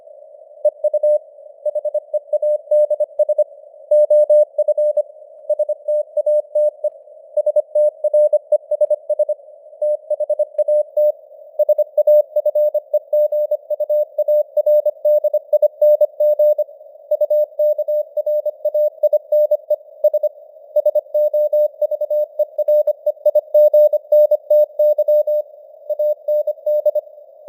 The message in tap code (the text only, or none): none